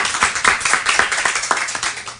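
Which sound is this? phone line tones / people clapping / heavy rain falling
people clapping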